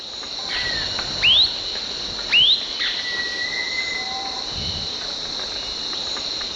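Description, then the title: Bird song: two quick rising whistled notes a second apart, then a long level whistle, all against a continuous shrill insect-like drone. "LuckyPassaro Completos2Sama"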